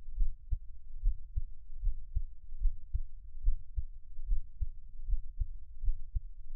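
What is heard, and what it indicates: Steady, soft low thumps in lub-dub pairs at about 71 beats a minute: an ordinary adult heartbeat, close-miked for Taiwanese ASMR, with no talking.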